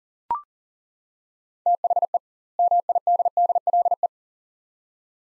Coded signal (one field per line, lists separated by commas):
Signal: Morse code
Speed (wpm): 40 wpm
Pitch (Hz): 700 Hz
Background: none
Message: THE MIDDLE